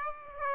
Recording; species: mosquito wingbeat signal from an infrared sensor; Aedes aegypti